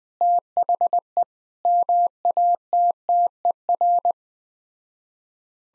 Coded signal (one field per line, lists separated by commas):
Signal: Morse code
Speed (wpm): 20 wpm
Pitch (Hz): 700 Hz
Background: none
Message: THE MATTER